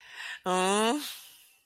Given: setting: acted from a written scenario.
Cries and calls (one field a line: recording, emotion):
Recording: vocal sound without words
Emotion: embarrassment